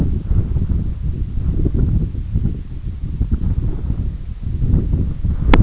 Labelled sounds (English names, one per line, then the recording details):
none
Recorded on Arctic tundra, site EABA-1, on 20 June 2018
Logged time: 18:00